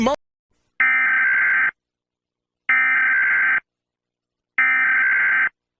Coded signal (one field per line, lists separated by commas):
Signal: Emergency Alert System (SAME) tones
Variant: header bursts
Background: speech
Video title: EAS Scenario: Civil War II:Part II